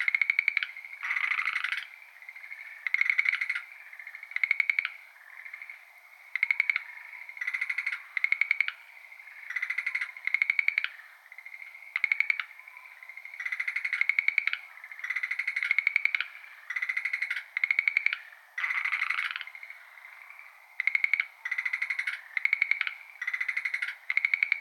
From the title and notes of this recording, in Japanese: シュレーゲルアオガエル。HPL2 バイノーラル。